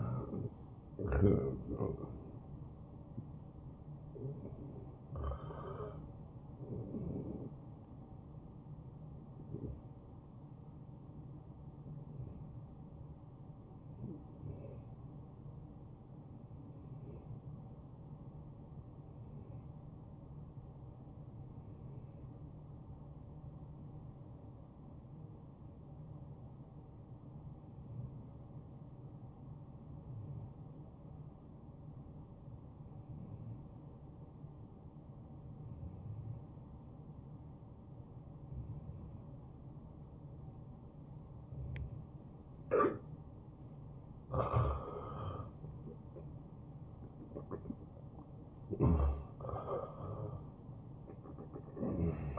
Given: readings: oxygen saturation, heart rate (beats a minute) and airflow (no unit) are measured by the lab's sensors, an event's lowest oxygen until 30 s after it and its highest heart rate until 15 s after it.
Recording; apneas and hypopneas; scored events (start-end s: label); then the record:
breathing in sleep by a smartphone at the bedside; 1
9.00-39.40 s: hypopnea (N1, oxygen 95% highest, then 87% lowest, heart rate 85 at the start, 85 highest)
From the record:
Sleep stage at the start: N1 (lightest sleep); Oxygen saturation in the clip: 89 to 95%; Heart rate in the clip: 71 to 85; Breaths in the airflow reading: 15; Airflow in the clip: -15.3 to 7.8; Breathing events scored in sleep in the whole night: 263 in 5.5 hours asleep